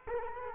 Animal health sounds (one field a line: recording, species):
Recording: mosquito wingbeat signal from an infrared sensor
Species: Culex quinquefasciatus